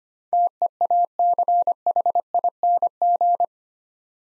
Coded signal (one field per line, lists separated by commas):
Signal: Morse code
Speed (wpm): 25 wpm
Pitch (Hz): 700 Hz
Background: none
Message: TEACHING